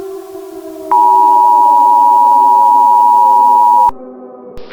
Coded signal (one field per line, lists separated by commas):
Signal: Emergency Alert System (SAME) tones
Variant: 853 and 960 Hz attention tone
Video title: EAS Scenario: IT'S HERE ACT 1 - THE SKY IS CALLING [FULL]